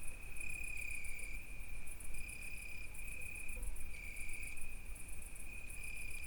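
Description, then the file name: Crickets trilling steadily at a high pitch, with stop-start pulsed chirping above and a low background rumble. Night crickets, recorded at Izgrev. "Noshti shturci i koteto Petrova (s Izgrev)"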